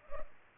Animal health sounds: mosquito wingbeat signal from an infrared sensor; Culex pipiens

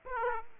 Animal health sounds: mosquito wingbeat signal from an infrared sensor; Aedes aegypti

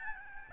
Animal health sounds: mosquito wingbeat signal from an infrared sensor; Aedes albopictus

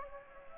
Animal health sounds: mosquito wingbeat signal from an infrared sensor; Anopheles gambiae

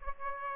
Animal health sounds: mosquito wingbeat signal from an infrared sensor; Aedes aegypti

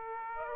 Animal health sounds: mosquito wingbeat signal from an infrared sensor; Aedes aegypti

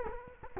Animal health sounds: mosquito wingbeat signal from an infrared sensor; Culex quinquefasciatus

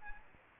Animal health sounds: mosquito wingbeat signal from an infrared sensor; Aedes aegypti

